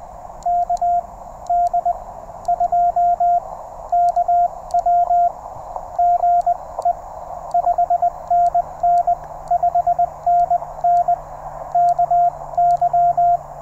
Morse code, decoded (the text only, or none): KD2KW GE 5NN 5NN KY